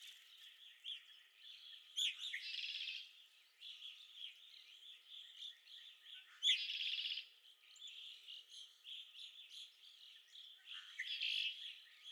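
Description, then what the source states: Red-winged blackbird buzzy trills repeat about every four seconds, three in all, over a steady chatter of many other calling birds. Recorded at Okalees on 5 May 2021.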